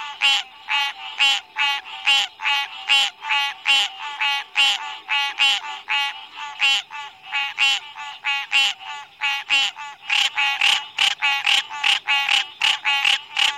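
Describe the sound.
Green tree frog croaking in a long, rapid run of harsh, nasal notes, sometimes slightly uneven.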